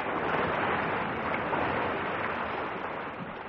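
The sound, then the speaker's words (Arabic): Steady, hissing wash of sea waves breaking on a beach, a continuous broad rush with no voices, easing slightly toward the end. “املي الجردل من البحر عشان احطه على الرمل.”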